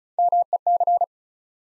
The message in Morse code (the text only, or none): MEC